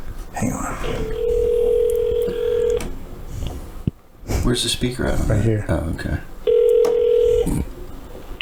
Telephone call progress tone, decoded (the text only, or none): ringback tone